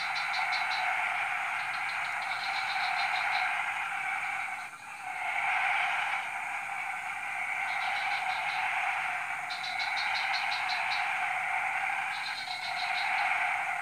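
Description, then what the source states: Frogs calling in chorus, a steady buzzing drone broken by repeated clusters of quick pulsed notes, with brief lulls between waves. Frog chorus recorded at 03:00 on Tuesday 14 February 2017 at Jalan Kolonel Sugiono No. 9, Kuala Kapuas, Central Kalimantan, Indonesia.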